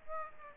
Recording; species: mosquito wingbeat signal from an infrared sensor; Aedes aegypti